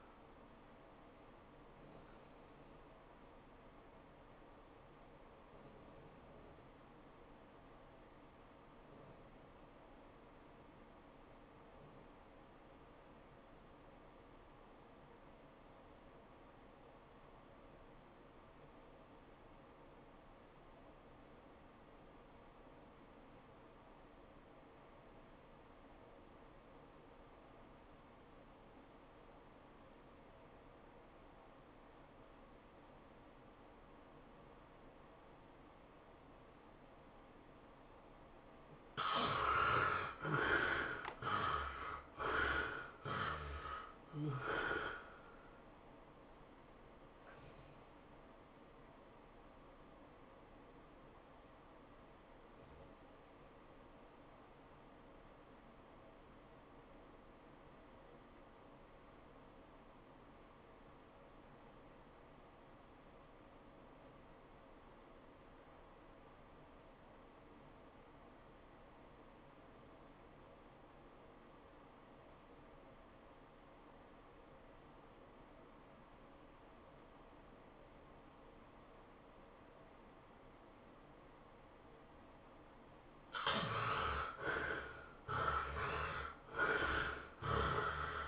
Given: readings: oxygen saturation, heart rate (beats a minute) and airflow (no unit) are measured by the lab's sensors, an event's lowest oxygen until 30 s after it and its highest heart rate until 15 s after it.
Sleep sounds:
breathing in sleep by a voice recorder at the bedside; 2
3.00-38.00 s: obstructive apnea (REM, oxygen 96% highest, then 64% lowest, heart rate 108 at the start, 113 highest)
57.00-84.10 s: obstructive apnea (REM, oxygen 88% highest, then 63% lowest, heart rate 96 at the start, 113 highest)
From the record:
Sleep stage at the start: REM sleep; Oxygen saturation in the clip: 64 to 96%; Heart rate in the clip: 65 to 114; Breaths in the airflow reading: 8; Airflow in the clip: -18.9 to 10.8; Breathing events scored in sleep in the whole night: 403 in 5.5 hours asleep

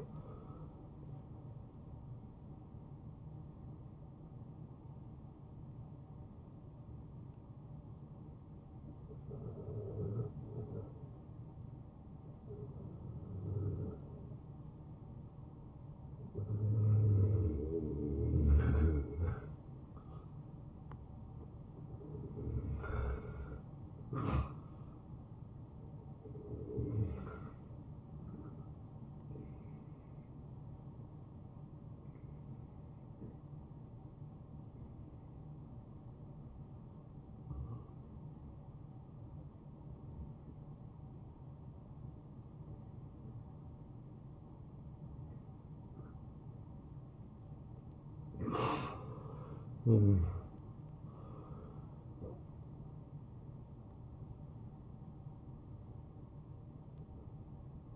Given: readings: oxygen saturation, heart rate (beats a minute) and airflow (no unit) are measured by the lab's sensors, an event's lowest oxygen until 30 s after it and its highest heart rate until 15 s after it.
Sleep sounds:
breathing in sleep by a smartphone at the bedside; 1
32.00-49.40 s: hypopnea (N1, oxygen 97% highest, then 90% lowest)
From the record:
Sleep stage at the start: N1 (lightest sleep); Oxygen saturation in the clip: 69 to 97%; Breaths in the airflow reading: 8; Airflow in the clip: -12.0 to 9.5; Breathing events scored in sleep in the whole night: 263 in 5.5 hours asleep

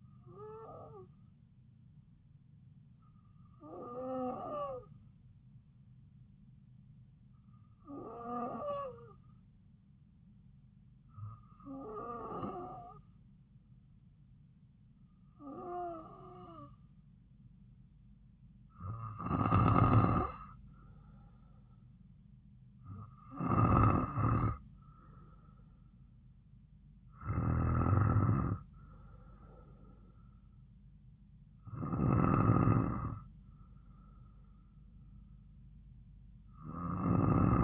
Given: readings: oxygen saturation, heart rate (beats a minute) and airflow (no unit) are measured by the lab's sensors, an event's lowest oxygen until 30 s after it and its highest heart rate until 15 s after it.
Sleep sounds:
breathing in sleep by a smartphone at the bedside; 1
3.00-21.40 s: hypopnea (N2, oxygen 95% highest, then 92% lowest)
From the record:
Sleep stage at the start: N2 (light sleep); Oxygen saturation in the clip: 92 to 95%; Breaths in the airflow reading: 9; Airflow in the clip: -4.4 to 3.7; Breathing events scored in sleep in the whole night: 270 in 6.1 hours asleep

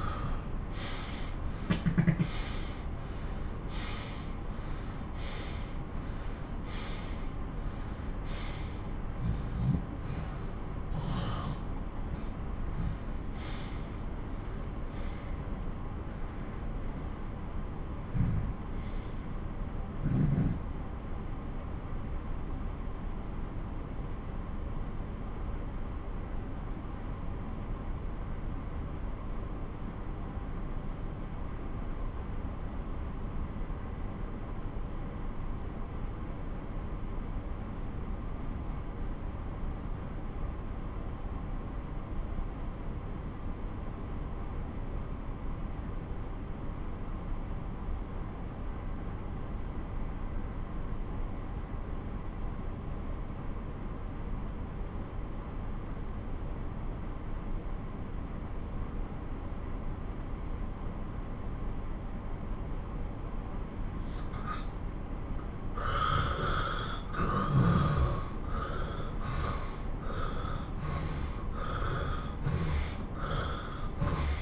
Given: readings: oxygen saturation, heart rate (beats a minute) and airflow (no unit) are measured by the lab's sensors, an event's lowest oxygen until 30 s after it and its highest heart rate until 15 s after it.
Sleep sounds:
breathing in sleep by a smartphone at the bedside; 1
13.00-64.60 s: obstructive apnea (N1, oxygen 95% highest, then 82% lowest)
20.00-50.00 s: new sleep stage, N2 (light sleep)
50.00-74.42 s: new sleep stage, N1 (lightest sleep)
From the record:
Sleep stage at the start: N1 (lightest sleep); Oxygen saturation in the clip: 85 to 95%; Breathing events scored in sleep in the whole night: 217 in 6.3 hours asleep

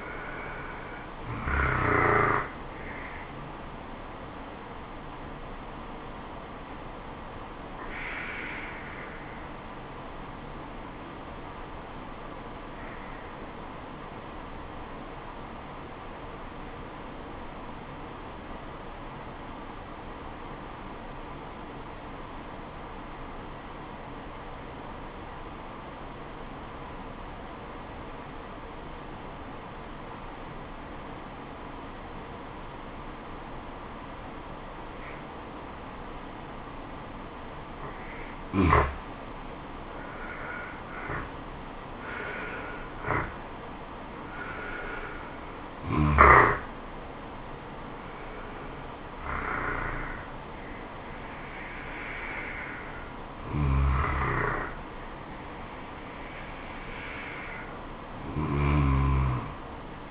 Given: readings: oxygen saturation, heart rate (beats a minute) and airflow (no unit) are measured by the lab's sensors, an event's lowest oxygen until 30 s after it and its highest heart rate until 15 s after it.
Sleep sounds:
breathing in sleep by a voice recorder at the bedside; 1
8.00-40.20 s: obstructive apnea (N2, oxygen 96% highest, then 84% lowest, heart rate 71 at the start, 77 highest)
From the record:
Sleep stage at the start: N2 (light sleep); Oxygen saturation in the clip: 84 to 96%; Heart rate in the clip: 65 to 77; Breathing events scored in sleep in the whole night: 426 in 7.4 hours asleep

